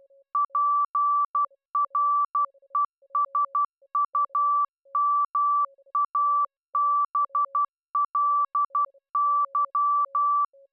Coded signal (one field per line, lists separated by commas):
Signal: Morse code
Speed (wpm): 12 wpm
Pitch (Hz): 1160 Hz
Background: none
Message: PRESUMABLY